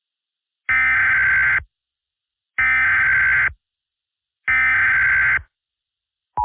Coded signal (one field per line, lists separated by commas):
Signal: Emergency Alert System (SAME) tones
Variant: header bursts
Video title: IN THE PRAIRIE: [EAS Tornado Scenario]